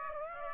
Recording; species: mosquito wingbeat signal from an infrared sensor; Aedes aegypti